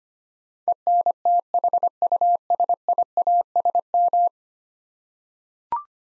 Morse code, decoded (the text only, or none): ENTHUSIASM